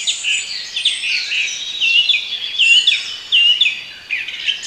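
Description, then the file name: Birds twittering and warbling together, bright overlapping chirps and short trills with no pause. Bird sounds for relaxation. "relaksacja odglosy ptakow"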